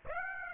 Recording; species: mosquito wingbeat signal from an infrared sensor; Aedes aegypti